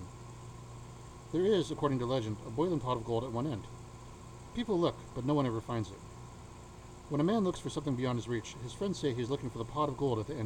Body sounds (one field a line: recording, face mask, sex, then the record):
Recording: reading aloud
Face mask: surgical mask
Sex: male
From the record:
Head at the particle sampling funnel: tilted down, bridge of the nose in front of it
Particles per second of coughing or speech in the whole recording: 2.26